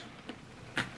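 The push-button snap closure on the flap of a leather designer handbag backpack is worked open by pushing its little button and pulling up. After a faint tick at 0.3 s, a sharp click sounds at 0.8 s as the snap releases and the closure opens.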